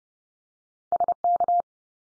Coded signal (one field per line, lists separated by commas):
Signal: Morse code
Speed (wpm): 30 wpm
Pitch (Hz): 700 Hz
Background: none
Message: SK